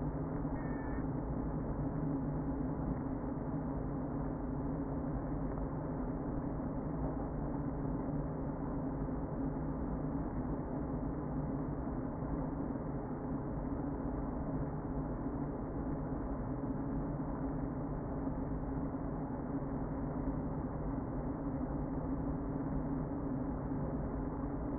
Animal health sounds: honeybee colony, microphone inside the hive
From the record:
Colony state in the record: queen present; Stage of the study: before two queens were removed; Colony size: about 60,000 bees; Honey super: yes

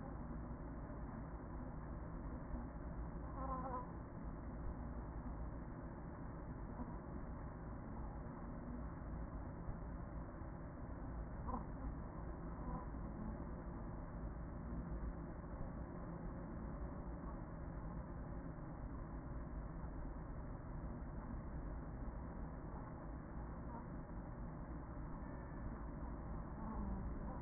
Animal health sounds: honeybee colony, microphone inside the hive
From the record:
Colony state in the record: queen present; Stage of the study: after two queens were removed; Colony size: about 40,000 bees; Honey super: no

